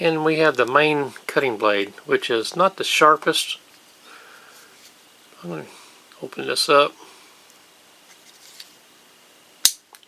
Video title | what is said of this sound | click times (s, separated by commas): First Look At The Mossy Oak Utility Knife | heard that snapped into place close these back up | 9.7 s